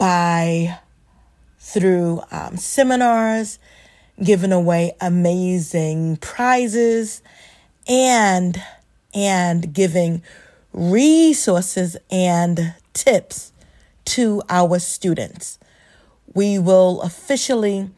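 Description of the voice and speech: An adult woman who stutters speaks in short phrases broken by frequent pauses, stumbling on words, with stretched sounds on several words and a repeated "and… and" before she continues. These prolongations, repetitions and hesitations fit mild stuttering in otherwise clear, steady speech.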